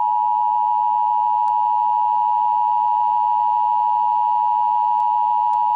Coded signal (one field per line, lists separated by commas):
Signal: Emergency Alert System (SAME) tones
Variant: 853 and 960 Hz attention tone